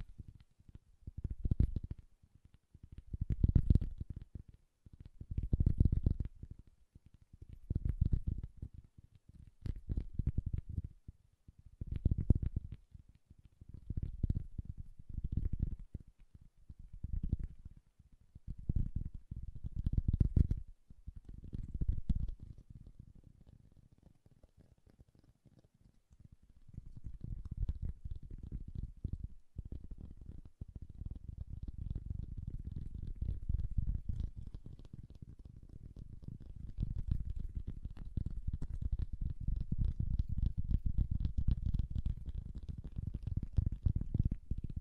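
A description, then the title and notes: Soft, bassy tapping, muffled and low. For the first twenty seconds it comes in even bursts roughly once a second, each a short flurry of taps. After a brief lull it turns into a steady, dense stream of quick taps that grows a little louder toward the end. ASMR Bassy and Soft Tapping Sounds.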